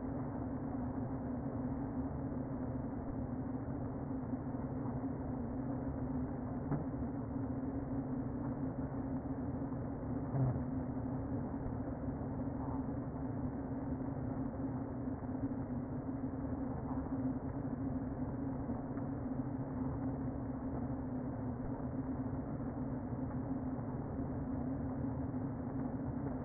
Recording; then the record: honeybee colony, microphone inside the hive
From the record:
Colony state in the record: queen present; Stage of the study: before two queens were removed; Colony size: about 60,000 bees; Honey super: yes